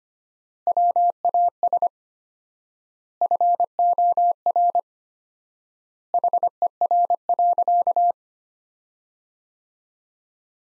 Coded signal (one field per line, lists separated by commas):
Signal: Morse code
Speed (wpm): 25 wpm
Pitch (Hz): 700 Hz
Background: none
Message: WAS FOR HER.